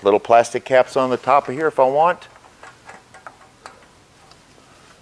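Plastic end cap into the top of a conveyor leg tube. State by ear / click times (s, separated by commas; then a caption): seated / 3.3 s, 3.7 s. Someone talks, then small plastic end caps are pressed into the top of a DynaCon conveyor leg or bracket tube amid quiet handling ticks. Two sharp, short snaps at 3.3 s and 3.7 s stand out as the caps seat in the tubing.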